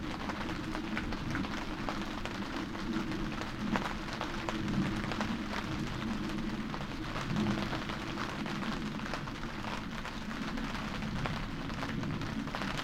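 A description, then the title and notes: Steady light-to-moderate rain patters densely on a stretched tarpaulin, with a constant low rumble underneath and frequent sharper drop ticks throughout. December rain light to moderate. The rain came down, in the early hours of this morning, as I write. Temperature 7.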